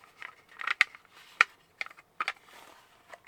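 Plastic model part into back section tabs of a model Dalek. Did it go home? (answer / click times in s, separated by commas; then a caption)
yes / 0.8 s, 1.4 s. A plastic panel from a Dalek model kit is fitted onto the back section and pressed into two small tabs, with light plastic rustling and scraping between. Two loud, sharp clicks ring out at 0.8 s and 1.4 s as the tabs engage, and the panel is seated.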